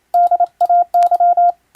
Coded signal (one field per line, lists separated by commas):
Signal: Morse code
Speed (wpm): 27 wpm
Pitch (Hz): 700 Hz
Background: none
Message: DAY